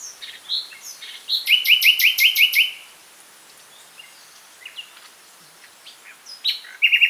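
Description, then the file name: Common nightingale song with a loud, rapid series of repeated buzzy notes, a quiet pause, then scattered notes and a fresh rattling burst at the end. "Luscinia megarhynchos"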